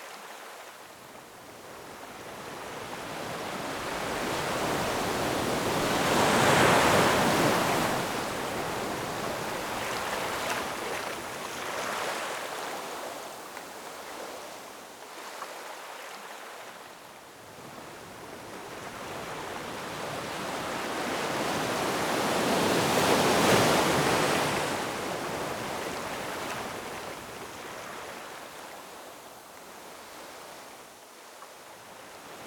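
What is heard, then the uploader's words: Ocean surf rolls in slow swells, building to loud, hissing peaks around 7 and 23 seconds, with a smaller rise near 11 seconds, then drawing back to a quieter wash in between. The rushing sound is close, full and bright, with little low rumble. Relaxing Ocean Surf.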